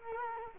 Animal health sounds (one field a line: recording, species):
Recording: mosquito wingbeat signal from an infrared sensor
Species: Culex quinquefasciatus